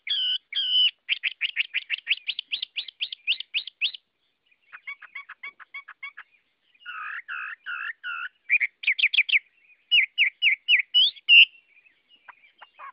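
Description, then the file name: Chinese hwamei delivering long varied song: fast trills of clipped notes, changing phrase types every few seconds, mixed with loud whistled slurs. Chinese hwamei singing in the wild forest-voice song style (giọng rừng). "Tieng hoa mi hot giong rung"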